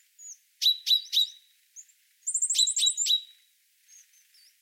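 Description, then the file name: Common chaffinch with three crisp call notes, then a rapid high trill and a further short burst of sharp notes, plus faint thin whistles. "Fringilla coelebs"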